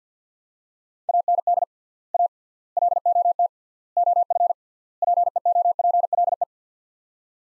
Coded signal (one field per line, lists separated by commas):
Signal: Morse code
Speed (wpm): 50 wpm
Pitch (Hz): 700 Hz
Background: none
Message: AND A LOT OF PEOPLE